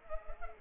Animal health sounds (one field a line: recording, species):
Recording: mosquito wingbeat signal from an infrared sensor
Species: Culex pipiens